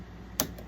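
A marker pen is pushed down into the pen clamp of a Cricut Maker craft cutting machine until it seats with a sharp click at 0.4 s. A much fainter tick follows at about 0.6 s, and the pen is seated in the holder.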